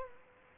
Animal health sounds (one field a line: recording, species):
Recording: mosquito wingbeat signal from an infrared sensor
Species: Culex quinquefasciatus